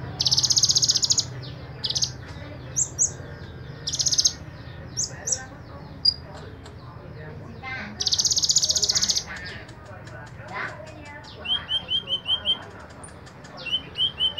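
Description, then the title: Small bird song of repeated dry buzzy trills mixed with high sharp chirps and twitters, later quick runs of short descending notes; faint hum beneath. "Burung Kecil"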